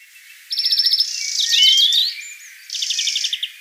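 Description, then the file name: European greenfinch song, a fast rolling trill, then a twittering burst and another trill. "Chloris chloris"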